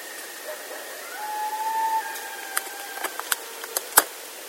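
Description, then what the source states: Coyote howl: a wavering note sliding up into a long steady tone, followed by several short sharp sounds near the end, over hissing background noise. Coyotes recorded on 22 May 2011.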